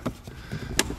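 A loose piece of plastic HVAC duct work under the dash is pushed back into place and its retaining clip is pressed in. Among a few light knocks near 0.1 s and 1.0 s, a sharp, bright snap at 0.8 s marks the clip seating home.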